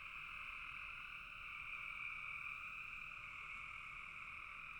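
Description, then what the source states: Frog chorus of many overlapping rapid trills blending into a continuous high buzzing drone that swells slightly near the middle. Several frogs calling in a bog.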